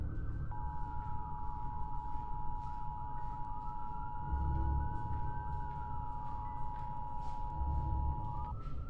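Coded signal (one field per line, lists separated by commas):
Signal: Emergency Alert System (SAME) tones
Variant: 853 and 960 Hz attention tone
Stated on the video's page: Fictional EAS scenario in a student short film, with audio assembled in Premiere Pro and Audition from sourced EAS clips.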